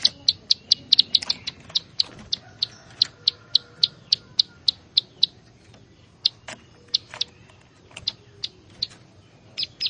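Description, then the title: Plain Prinia song: a series of sharp, dry high-pitched notes, briefly pausing and then resuming more sparsely. "Ciblek Sawah"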